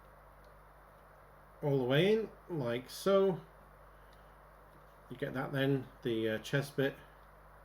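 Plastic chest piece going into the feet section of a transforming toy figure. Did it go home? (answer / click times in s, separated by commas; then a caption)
no / none. Someone talks while handling the plastic chest piece of a transforming Scorponok toy figure, getting it ready to push into the figure's feet section. Nothing has seated or clicked into place yet.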